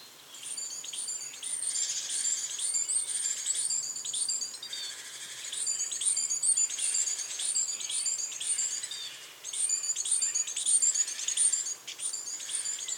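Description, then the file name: Great tit calls: dense high twittering of rapid thin notes in several long bursts separated by short gaps. "Parus major"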